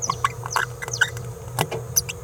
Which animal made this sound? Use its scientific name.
Forpus passerinus